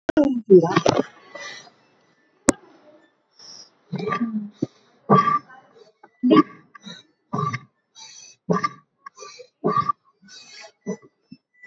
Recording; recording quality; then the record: deep breathing; excellent, no background noise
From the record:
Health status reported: healthy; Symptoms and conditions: none ticked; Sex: female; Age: 50 years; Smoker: not ticked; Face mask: worn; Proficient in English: no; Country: India